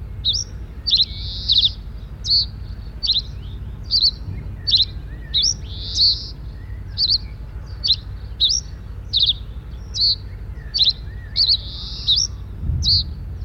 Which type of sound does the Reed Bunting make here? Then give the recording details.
song. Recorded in the wild. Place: Bad Kleinen, Mecklenburg-Vorpommern, DE. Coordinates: 53.771, 11.472. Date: 1972-06-15. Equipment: Nagra III BH, Sennheiser MD 21, parabola. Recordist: Schubert, Michael